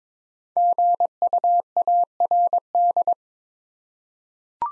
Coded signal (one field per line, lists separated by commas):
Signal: Morse code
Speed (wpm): 22 wpm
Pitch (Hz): 700 Hz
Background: none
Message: GUARD